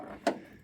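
On a VW Passat, the hood's secondary safety catch at the front corner of the VW logo is lifted up to free the hood. A single sharp, bright click sounds at 0.3 s over a low, quiet background, then fades away. The catch releases and the hood is freed.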